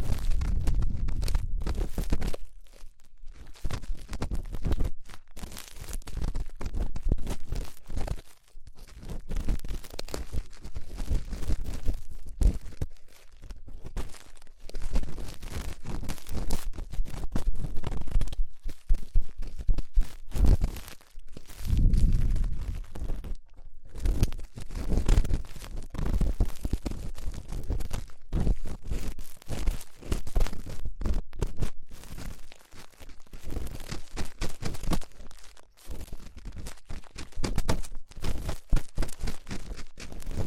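Twin ear cleaning sounds: dense crinkly scratching and crunching, continuous with brief pauses, brightest around 23 seconds and heavy low rumbles.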